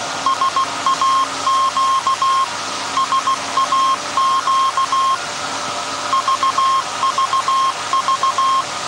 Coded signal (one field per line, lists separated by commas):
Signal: Morse code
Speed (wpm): 16 wpm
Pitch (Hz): 1070 Hz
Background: none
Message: SAQ SAQ VVV